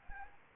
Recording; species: mosquito wingbeat signal from an infrared sensor; Anopheles arabiensis